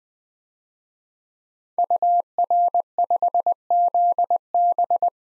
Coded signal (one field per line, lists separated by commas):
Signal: Morse code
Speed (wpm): 20 wpm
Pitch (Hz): 700 Hz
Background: none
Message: UR5ZB